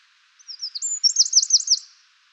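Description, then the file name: Eurasian wren song: a few high thin notes and slurs, then a fast, loud, rattling trill of repeated looping notes lasting about a second. "Troglodytes troglodytes"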